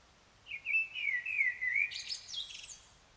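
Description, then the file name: Common blackbird song: a fluty warbled phrase, ending in a high squeaky twittering flourish. "Turdus merula"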